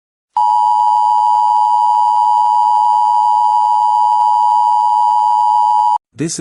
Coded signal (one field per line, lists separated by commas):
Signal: Emergency Alert System (SAME) tones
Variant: 853 and 960 Hz attention tone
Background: speech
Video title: EAS Scenario #10 - Roko's Basilisk